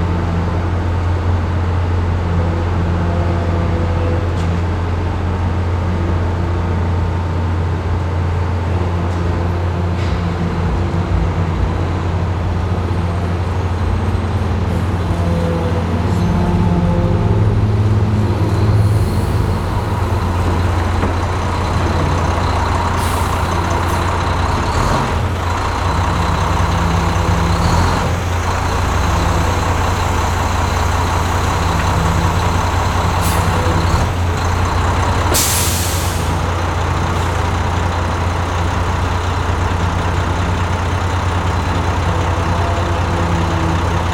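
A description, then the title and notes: A cement truck runs, its heavy engine holding a deep, steady low rumble throughout. Mechanical clanks and short knocks break in now and then, with a sharp hiss near thirty-five seconds like an air brake release. Industrious Sounds of the Cement Truck.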